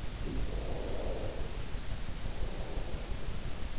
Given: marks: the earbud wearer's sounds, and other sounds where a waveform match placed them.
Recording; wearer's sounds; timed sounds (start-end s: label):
sounds in sleep by an in-ear microphone; breath
0.07-3.62 s: breath